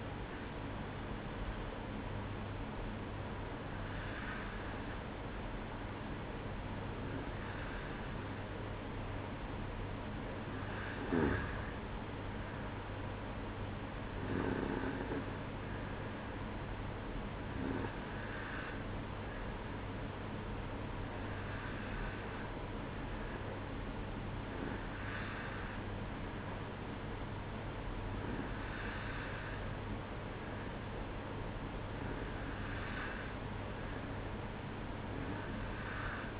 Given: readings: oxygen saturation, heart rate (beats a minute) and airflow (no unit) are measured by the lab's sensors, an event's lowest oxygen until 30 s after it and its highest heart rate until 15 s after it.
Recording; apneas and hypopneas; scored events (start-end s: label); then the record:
breathing in sleep by a voice recorder at the bedside; none
none scored
From the record:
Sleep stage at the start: N2 (light sleep); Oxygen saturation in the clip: 92 to 94%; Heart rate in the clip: 60 to 67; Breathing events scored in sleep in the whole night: 305 in 9.6 hours asleep